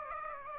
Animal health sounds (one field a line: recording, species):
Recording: mosquito wingbeat signal from an infrared sensor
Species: Aedes aegypti